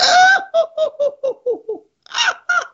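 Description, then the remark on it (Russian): A human voice imitates a seagull as a vocal exercise called 'the seagull': a long, bright, high cry, then a quick run of short yelps sliding downward in pitch, and after a brief pause two more loud squawks, sounding almost like laughter. “Вот это вот смешной звук, чаечный, да?”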